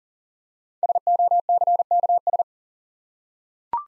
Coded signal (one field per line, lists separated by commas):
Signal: Morse code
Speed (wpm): 40 wpm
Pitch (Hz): 700 Hz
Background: none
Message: SOCKS